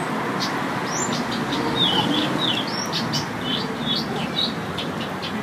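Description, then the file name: Blyth's reed warbler delivering quick, varied chirps and short slurred whistles, several notes each second, over heavy steady background noise. "buschrohrsaenger"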